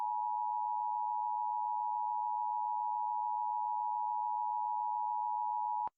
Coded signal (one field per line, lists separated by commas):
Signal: Emergency Alert System (SAME) tones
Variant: 853 and 960 Hz attention tone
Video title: *VALID TONES* Lake Michigan Tsunami (EAS Scenario)